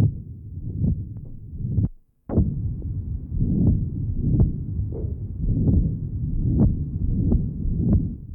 Age 62, with patent ductus arteriosus. Recording taken at pulmonary area. Note the continuous murmur in this area.